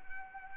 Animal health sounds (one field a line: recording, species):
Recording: mosquito wingbeat signal from an infrared sensor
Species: Anopheles arabiensis